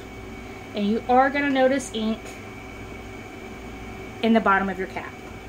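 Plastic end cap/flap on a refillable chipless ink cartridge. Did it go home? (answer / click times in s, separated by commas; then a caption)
no / none. Someone talks while handling the plastic end cap on a refillable chipless ink cartridge for an XP15000 printer converted to DTF, over a low steady background hum. Nothing has seated or clicked yet; the cap is not yet pushed down shut.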